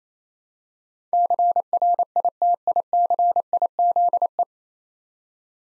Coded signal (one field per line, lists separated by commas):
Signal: Morse code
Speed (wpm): 28 wpm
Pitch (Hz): 700 Hz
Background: none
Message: CRITICIZE